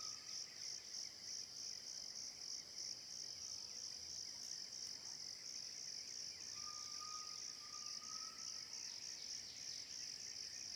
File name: Grilos cigarras inseto diferente na mata das andorinhas, passaro, animal diferente longe